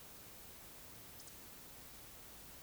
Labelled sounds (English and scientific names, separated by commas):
Eurasian Woodcock (Scolopax rusticola) whistle